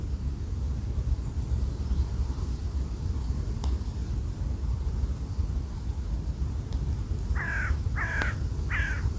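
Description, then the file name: Bird calling with three rough caws in quick succession near the end, after a long stretch of loud, rumbling wind. "Wind und Voegel"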